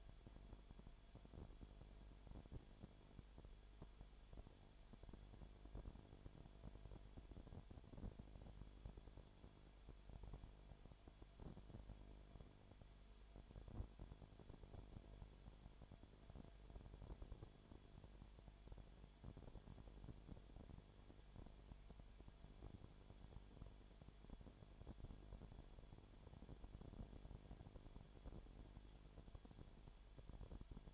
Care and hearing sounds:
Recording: daily activity, microphone in the room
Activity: no activity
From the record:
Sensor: 5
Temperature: 19.9 degrees Celsius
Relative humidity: 37.1%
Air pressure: 1007.4 hPa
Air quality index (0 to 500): 84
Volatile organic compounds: 1 ppm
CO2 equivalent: 958 ppm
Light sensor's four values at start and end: 2/3/1/1 and 2/3/1/1

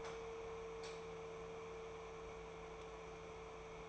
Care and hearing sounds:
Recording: daily activity, microphone in the room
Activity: light on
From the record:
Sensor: 1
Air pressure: 1014.6 hPa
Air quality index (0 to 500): 175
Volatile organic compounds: 14 ppm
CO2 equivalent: 2475 ppm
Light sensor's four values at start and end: 13/32/13/14 and 16/44/17/19

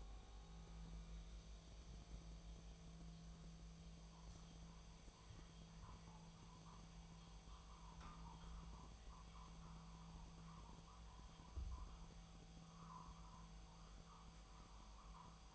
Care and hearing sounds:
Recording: daily activity, microphone in the room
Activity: make coffee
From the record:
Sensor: 1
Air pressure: 1009.4 hPa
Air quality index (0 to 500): 196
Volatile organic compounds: 20 ppm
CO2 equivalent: 2678 ppm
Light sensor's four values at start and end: 28/73/30/36 and 28/73/30/36

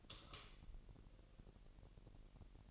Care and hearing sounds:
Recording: daily activity, microphone in the room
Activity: light off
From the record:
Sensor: 4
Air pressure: 1002.7 hPa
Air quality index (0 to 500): 250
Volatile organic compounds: 18 ppm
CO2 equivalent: 2607 ppm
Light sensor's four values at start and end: 6/15/6/6 and 6/13/5/5

